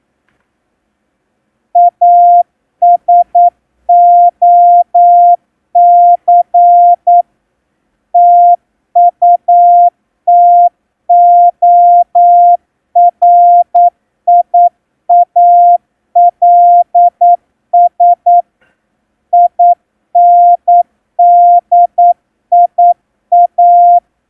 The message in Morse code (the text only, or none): ASOC TUTORIALS INDIA